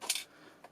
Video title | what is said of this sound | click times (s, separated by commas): Cordless Vacuum Cleaner, ZIENNOQ 265W Stick Vacuum Cleaner 3 Speed Lightweight Vacuum Cleaner | go ahead place it back up in and you just turn it until it locks in place | 0.1 s